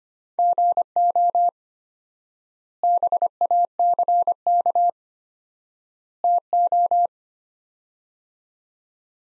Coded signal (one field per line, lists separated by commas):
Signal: Morse code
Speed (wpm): 25 wpm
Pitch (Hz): 700 Hz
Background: none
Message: GO BACK TO